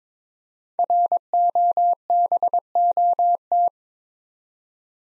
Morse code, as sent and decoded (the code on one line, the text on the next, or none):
.-. --- -... --- -
ROBOT